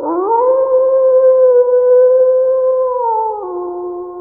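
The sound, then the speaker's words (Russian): A wolf, its fur set on fire, lets out one long, loud, pained howl, sliding up at the start, holding a steady mid-pitched wail for several seconds, then dropping to a lower tone at the end. “Джо Минь направил свою огненную волну, направив ее на спину волка, поджигая его мех, что вызвало еще больше его болезненного воя.”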